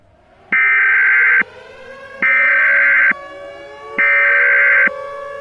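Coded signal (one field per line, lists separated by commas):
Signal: Emergency Alert System (SAME) tones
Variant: header bursts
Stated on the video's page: EAS tones as heard in the film Battle: Los Angeles.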